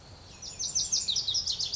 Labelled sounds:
Lazuli Bunting (Passerina amoena)
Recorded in Sonoma County, California

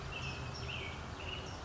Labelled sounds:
American Robin (Turdus migratorius)
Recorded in Sonoma County, California

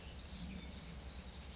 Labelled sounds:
California Towhee (Melozone crissalis)
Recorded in Sonoma County, California

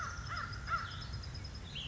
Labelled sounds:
American Crow (Corvus brachyrhynchos)
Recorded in Sonoma County, California

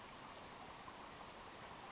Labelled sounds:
Western Flycatcher (Empidonax difficilis)
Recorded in Sonoma County, California

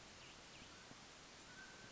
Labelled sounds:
Mountain Quail (Oreortyx pictus)
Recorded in Sonoma County, California

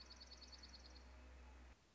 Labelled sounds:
Dark-eyed Junco (Junco hyemalis)
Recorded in Sonoma County, California

